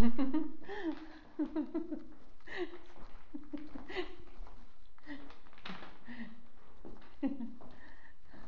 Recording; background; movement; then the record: laughter; quiet; walking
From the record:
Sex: female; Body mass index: 25.5 kg/m2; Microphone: on the chest, facing outward